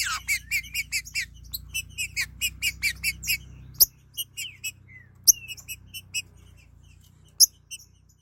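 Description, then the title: Green-winged saltator song, a quick run of bright clipped notes over a low hum, then sparser whistles, a short slurred phrase and occasional sharp clicks. "Trinca Ferro"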